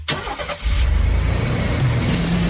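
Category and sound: vehicle, car engine revving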